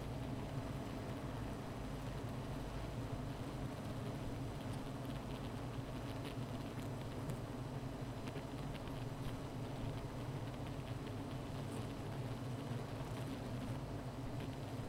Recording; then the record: honeybee colony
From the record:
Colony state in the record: missing queen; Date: 14 July 2017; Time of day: 15:42